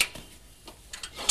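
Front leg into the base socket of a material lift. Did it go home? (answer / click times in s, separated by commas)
no / none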